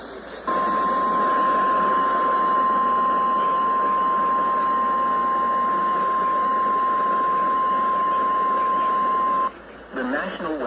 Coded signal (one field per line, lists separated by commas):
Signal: Emergency Alert System (SAME) tones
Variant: 1050 Hz attention tone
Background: speech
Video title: Severe Thunderstorm Warning (EAS #427)